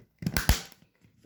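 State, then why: Seated. The two plastic halves of an opened Roku TV remote, taken apart for circuit-board cleaning, are lined up and pressed together by hand. Sharp snaps ring out at 0.4 s and 0.5 s as the casing clips shut, and the remote is seated back together.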